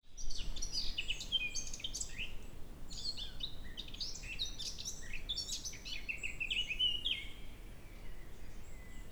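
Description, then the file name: Eurasian blackcap song, a fast, scratchy, continuous warble of varied high notes running throughout over a steady low background hiss. "Sylvia atricapilla"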